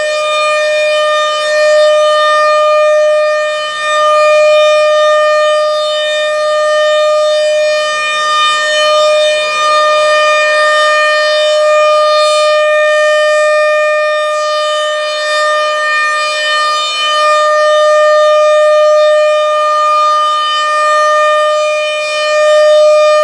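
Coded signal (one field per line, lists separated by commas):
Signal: siren signal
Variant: mechanical outdoor warning siren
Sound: continuous steady siren wail with rich harmonics, slowly swelling and fading as it rotates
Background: outdoor ambience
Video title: Canon Vixia HF R700 vs Canon HF R800, Camcorder Comparison at RM-130 Siren Test, Menominee Falls, WI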